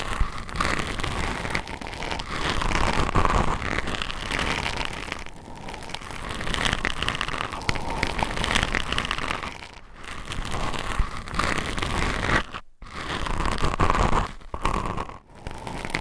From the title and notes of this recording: Binaural Mic Scratching. Brain Scratching with 10 Mics.